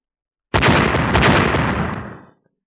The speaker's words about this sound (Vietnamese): Răng rắc, tia chớp màu vàng bổ tới, với địa phương này làm trung tâm lan tràn ra khắp bốn phía vũ trụ